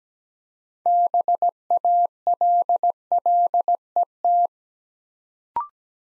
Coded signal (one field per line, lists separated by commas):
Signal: Morse code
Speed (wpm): 17 wpm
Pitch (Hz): 700 Hz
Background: none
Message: BALLET